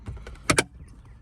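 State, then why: Seated. The front two corners of a dome light assembly on a 2019-or-newer Ram, during a Lasfit interior LED upgrade, are pushed up into the roof panel. After a few faint taps, two sharp plastic clicks land at 0.5 s and 0.6 s as the two front plastic tabs snap in and the assembly seats.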